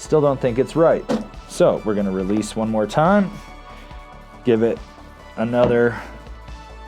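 Someone talks over background music while handling a Fix Payday snowboard binding, releasing its plastic ladder strap and re-feeding it into the ratchet buckle to adjust it two teeth down the strap. Nothing has seated or clicked yet by the end of the clip.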